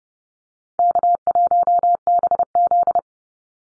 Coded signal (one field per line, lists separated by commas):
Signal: Morse code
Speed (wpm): 30 wpm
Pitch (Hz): 700 Hz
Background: none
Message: K1BZ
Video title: Easy Call Signs Repeated 3x 30wpm